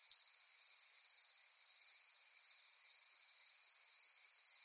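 Cicada song, a constant high-pitched buzzing drone of several stacked tones, unchanging throughout.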